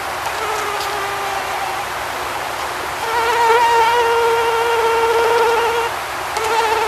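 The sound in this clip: Mosquito whine, a thin nasal buzz that holds a steady pitch, softer at first, then louder from the middle onward, briefly fading and returning near the end.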